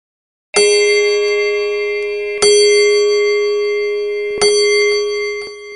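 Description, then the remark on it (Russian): A clock strikes three times, evenly spaced about two seconds apart, each loud metallic bong ringing on with a long humming decay that overlaps the next stroke. “Часы пробили 10.”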